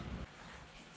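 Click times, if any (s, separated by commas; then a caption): none. A salvage-yard torque converter is pushed and turned onto the input shaft and pump of an automatic transmission for a 1989 Grand Wagoneer. A low rumbling handling noise fills the first quarter second, then drops to a steady, even hiss. Nothing has seated or clicked yet.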